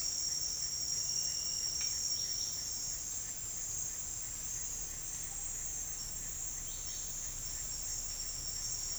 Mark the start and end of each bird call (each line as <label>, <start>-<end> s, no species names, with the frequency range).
bird call (1.4-2.4 kHz), 0.00-7.71 s